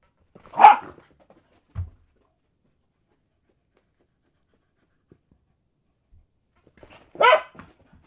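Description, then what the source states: Dog giving a loud bark, a quieter low sound soon after, then another loud bark following a long silence. Dog barking while playing fetch.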